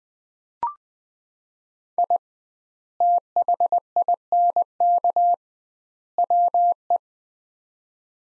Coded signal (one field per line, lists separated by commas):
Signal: Morse code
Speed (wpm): 21 wpm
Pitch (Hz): 700 Hz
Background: none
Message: I THINK WE